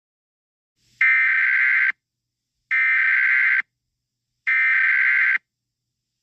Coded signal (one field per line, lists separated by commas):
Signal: Emergency Alert System (SAME) tones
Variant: header bursts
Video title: EAS SCENARIO 13: The Unvitational Committee Attack